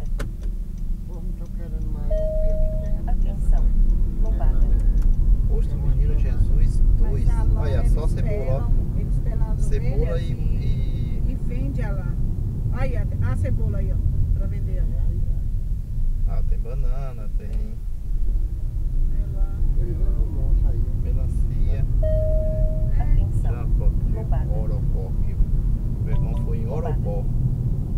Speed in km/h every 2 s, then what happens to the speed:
12, 23, 32, 39, 42, 41, 30, 17, 15, 25, 34, 41, 46, 49.
0-7 speeds up to 42. 10-16 brakes to 15. 16-28 speeds up to 49.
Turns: none.